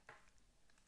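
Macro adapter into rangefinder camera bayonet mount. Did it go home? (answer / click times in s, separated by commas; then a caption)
no / none. A macro adapter with a lens attached is handled against the bayonet mount of a Leica M10-R rangefinder camera body, with a brief scraping contact sound at 0.1 s followed by faint rustling. The adapter is not yet home, and nothing has seated or clicked yet.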